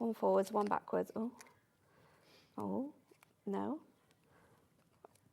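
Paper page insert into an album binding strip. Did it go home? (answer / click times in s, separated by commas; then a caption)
yes / 5.0 s. A paper or card page insert, folded one forward and one backward, is slid into an album binding strip while someone talks. After a fumble, a short sharp click at 5.1 s shows the piece seated in the binding.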